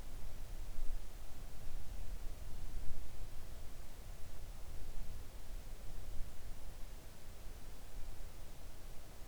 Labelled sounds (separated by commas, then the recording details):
near silence
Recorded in the Arctic National Wildlife Refuge, Alaska, on 3 August 2019 at 05:26
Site 41